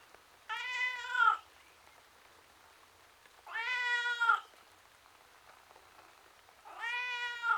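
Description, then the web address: Domestic cat giving three long plaintive meows roughly every three seconds, each a sustained harmonic wail that bends down at the end. Miserable tom cat outside. "The BBC Sound Effects Library - Complete 60 CDs Collection. Miserable Tom Cat Outside"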